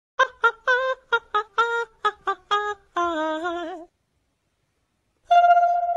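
Chicken clucking: about nine short, harsh clucks in a steady run, then a drawn-out wavering cackle, a pause, and a long, loud nasal squawk at the end.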